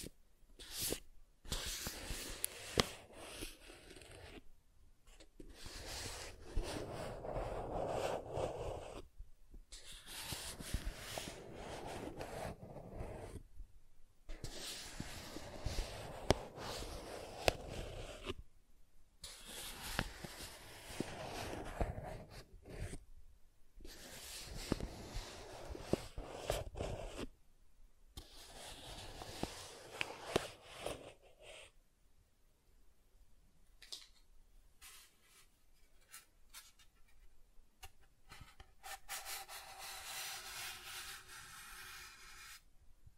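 Soft tracing strokes rub across surfaces in long, even sweeps, each a few seconds, broken by brief silent gaps around every four to five seconds. The strokes hiss gently with a low warm body. After about thirty seconds the tracing thins into sparse, quieter scratches and light taps.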